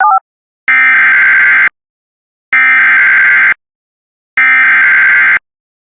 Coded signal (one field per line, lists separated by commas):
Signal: Emergency Alert System (SAME) tones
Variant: header bursts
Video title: Severe Thunderstorm Warning for Wheeler, Roberts, Hemphill, and Grey, TX (EAS #125)